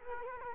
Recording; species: mosquito wingbeat signal from an infrared sensor; Culex quinquefasciatus